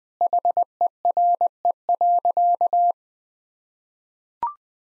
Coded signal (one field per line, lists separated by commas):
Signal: Morse code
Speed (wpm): 21 wpm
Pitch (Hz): 700 Hz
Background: none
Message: HERE.